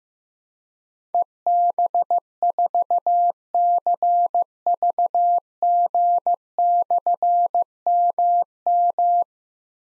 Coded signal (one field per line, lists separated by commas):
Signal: Morse code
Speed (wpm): 15 wpm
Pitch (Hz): 700 Hz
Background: none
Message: EB4CVG/MM